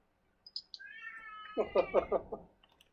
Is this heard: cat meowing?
yes